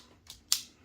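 The locking bar of a CRKT Provoke folding karambit knife engages the shelf and locks the steel blade open as the deployment mechanism is worked. A softer mechanical click at 0.3 s is followed by a sharp, bright metal snap at 0.5 s, which fades quickly. The lock is seated, with the blade fully locked open.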